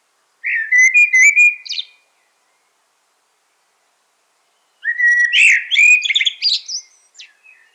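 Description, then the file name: Common blackbird with two flowing whistled phrases; the first smooth and liquid, the second ending in a burst of sharp high twittering notes. "Turdus merula"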